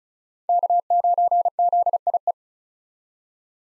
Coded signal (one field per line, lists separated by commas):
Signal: Morse code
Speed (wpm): 34 wpm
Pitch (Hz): 700 Hz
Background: none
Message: K9ZIE